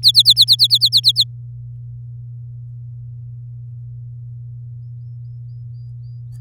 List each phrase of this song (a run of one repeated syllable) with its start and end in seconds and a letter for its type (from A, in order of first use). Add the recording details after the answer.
0.02-1.24 A. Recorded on 11 May 2018 at 05:45. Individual llb16